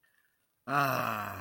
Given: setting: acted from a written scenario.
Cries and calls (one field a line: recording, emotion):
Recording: vocal sound without words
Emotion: contentment